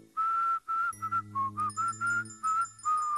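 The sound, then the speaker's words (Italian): A very large man, a grandfather, whistles a short tune as he goes about, in a series of clear, steady notes around a mid-high pitch, with a brief lower dip mid-phrase, while a low hum sits faintly underneath part of the melody. “Il nonno era un omone grandissimo, uno che andava in giro fischiettando.”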